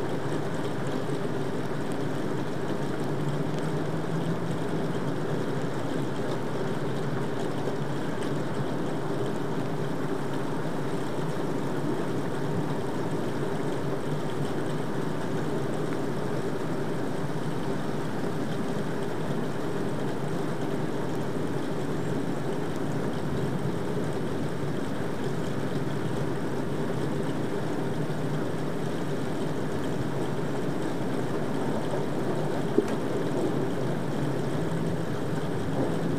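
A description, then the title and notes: A thunderstorm rumbles on without pause, a deep, dense roll that holds the same level for the whole stretch. A faint hiss of light rain sits above it, and a single small tick stands out near the end. Rumbling Thunderstorm With Light Rain. Distantthunder.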